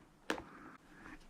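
The end pin of a HICKIES elastic rubber no-tie shoelace for adults, already threaded through the shoe eyelets, is pushed through its hole on the lace. A sharp click at 0.3 s is followed by two fainter ticks. The pin locks into place and is seated.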